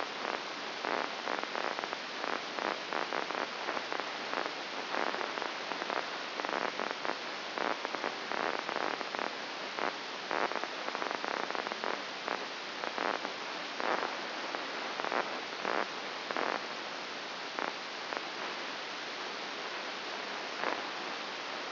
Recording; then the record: brain microelectrode recording played as sound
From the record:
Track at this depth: outside the subthalamic nucleus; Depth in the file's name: 6.101 mm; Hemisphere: left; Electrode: 2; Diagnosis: Parkinson's disease